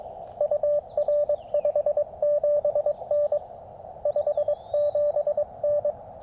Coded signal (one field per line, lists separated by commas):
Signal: Morse code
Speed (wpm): 20 wpm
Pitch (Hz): 590 Hz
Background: none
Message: UR 57N 57N